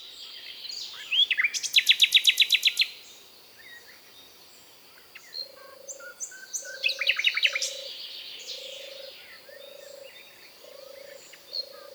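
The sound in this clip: Common nightingale song with two rapid trills of repeated notes, the first loud and lasting over a second, and a low, evenly repeated note in the background.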